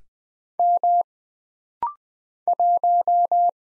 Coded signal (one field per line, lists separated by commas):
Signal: Morse code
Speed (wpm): 20 wpm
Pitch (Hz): 700 Hz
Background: none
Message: M 1